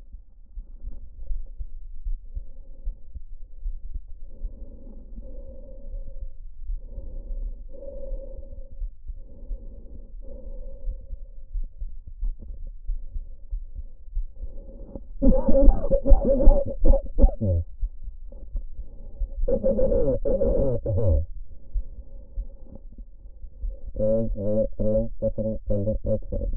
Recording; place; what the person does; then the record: lung sounds by stethoscope; trachea; quiet breathing, then cough and speech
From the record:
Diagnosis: none (healthy); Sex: male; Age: 45 years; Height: 173 cm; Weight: 92 kg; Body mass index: 30.7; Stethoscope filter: diaphragm mode